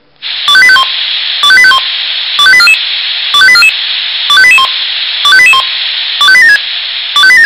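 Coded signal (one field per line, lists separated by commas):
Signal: pager alert tone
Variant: Swissphone pager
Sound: short rising five-note beeping melody repeated about eight times, with constant hiss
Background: steady hiss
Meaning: Monthly test alarm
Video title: Probealarm Swissphone Quattro XL+ Funkmeldeempfänger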